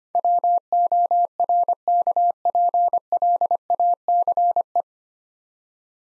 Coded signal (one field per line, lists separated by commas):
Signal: Morse code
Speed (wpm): 25 wpm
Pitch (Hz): 700 Hz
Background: none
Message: WORKPLACE